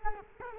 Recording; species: mosquito wingbeat signal from an infrared sensor; Culex quinquefasciatus